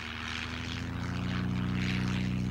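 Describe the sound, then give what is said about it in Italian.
A propeller airplane engine, built by Ferdinand Porsche at Austro Daimler for the Ettrick Taube, the first Austrian airplane, drones steadily in flight, a rough, buzzing low hum with harmonic tones and a hissing wash above, growing slightly louder over the few seconds, with no voices. “Costruisce il motore dell'Ettrick Taube, il primo aereo austriaco.”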